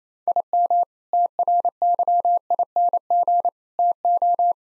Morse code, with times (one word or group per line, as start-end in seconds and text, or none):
0.3-0.8 IM
1.1-3.5 TRYING
3.8-4.5 TO